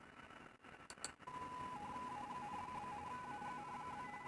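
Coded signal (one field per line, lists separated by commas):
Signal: RTTY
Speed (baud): 45.45 baud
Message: AGN? AGN?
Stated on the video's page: RTTY contacts in a QSO party contest, using a 29.5 ft end-fed antenna with a 9:1 unun and a manual tuner.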